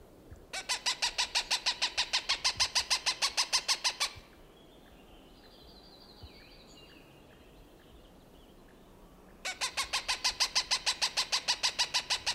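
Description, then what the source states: Cooper's hawk giving a fast, harsh cackling series of 'kek' notes lasting over three seconds, then a pause and a second series. Recorded June 21, 1995.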